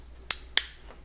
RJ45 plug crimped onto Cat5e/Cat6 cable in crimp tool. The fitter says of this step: it clicks or until it stops depending on the tool you have you release